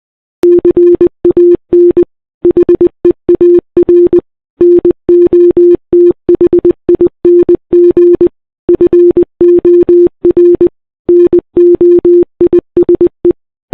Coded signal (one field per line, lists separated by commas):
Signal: Morse code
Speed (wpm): 20 wpm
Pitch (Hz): 350 Hz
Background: none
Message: CAN HEAR NOTHING FOR NOISE